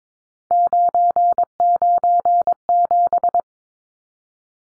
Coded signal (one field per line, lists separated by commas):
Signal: Morse code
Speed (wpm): 22 wpm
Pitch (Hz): 700 Hz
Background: none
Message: 997